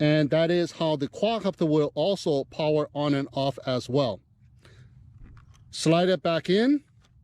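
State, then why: Not seated. Someone talks, then a flight battery pack is slid back into the battery bay of a Holystone HS710 quadcopter, producing faint scraping and a few small taps between about 4.6 and 5.6 seconds before the talking resumes. The clip ends before the battery is home, so nothing has seated or locked into place yet.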